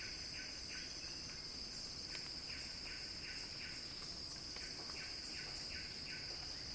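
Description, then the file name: Cicada drone stays constant and shrill while pulsed chirps repeat several per second in runs. Cicada song building in a crescendo. "earth-fm Axel-Drioli Cicada-Crescendo-Sounding-Wild"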